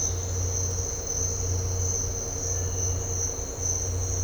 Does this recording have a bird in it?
no